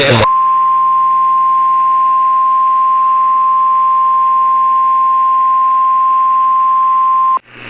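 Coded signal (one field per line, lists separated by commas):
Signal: Emergency Alert System (SAME) tones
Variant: 1050 Hz attention tone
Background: speech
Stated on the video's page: Homemade EAS mocks, not real alerts.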